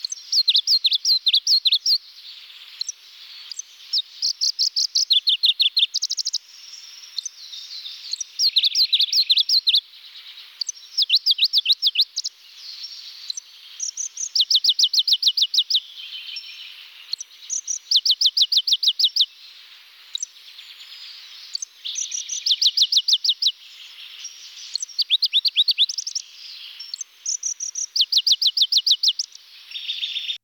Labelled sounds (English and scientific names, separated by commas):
Pallas's Leaf Warbler (Phylloscopus proregulus) song